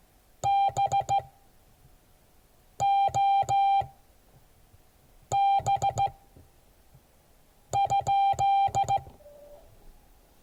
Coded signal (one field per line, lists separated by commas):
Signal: Morse code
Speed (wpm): 16 wpm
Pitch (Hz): 790 Hz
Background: none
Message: BOB?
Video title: Morse code class 2022 11 14